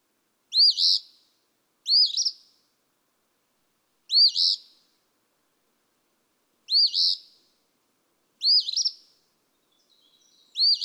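Eastern phoebe singing raspy fee-bee phrases at slightly irregular intervals, six in all with the last cut off, and a faint buzzy note near the end.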